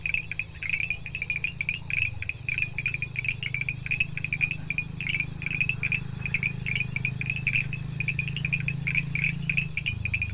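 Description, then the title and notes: Montevideo tree frog chorus: dense, high pulsed notes repeating almost continuously, set against a steady low hum. Predominant species at night along Arroyo Sandú, Tacuarembó, Uruguay, in a rapidly urbanising area, recorded 18 August 2021 around 20:00; identified by Dr. Raúl Maneyro. "Cerca de los ríos. Tren Inmobiliario 18_8_2021. Ana Cecilia Rodríguez (Mapa sonoro de Uruguay). Tacuarembó. Se consultó al Dr. Raúl Maneyro, quien identificó en esta grabación predominantemente Boana pulchella , “ranita de zarzal”"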